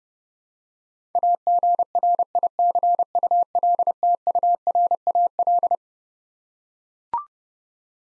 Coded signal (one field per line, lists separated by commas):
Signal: Morse code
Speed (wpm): 30 wpm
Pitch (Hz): 700 Hz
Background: none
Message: AGRICULTURAL